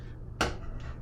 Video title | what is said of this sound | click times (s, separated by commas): Optical Gel Training - Module 2 of 6 - Bird Barrier Certified Installer Training | then the zip the the disc itself just snaps right in and then you can remove the lid | 0.4 s